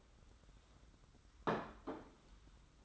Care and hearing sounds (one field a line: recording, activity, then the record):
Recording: daily activity, microphone in the room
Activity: place plate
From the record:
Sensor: 3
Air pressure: 991.8 hPa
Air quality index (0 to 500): 181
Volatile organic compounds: 1000 ppm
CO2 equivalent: 6055 ppm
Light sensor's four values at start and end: 31/87/35/30 and 30/85/35/29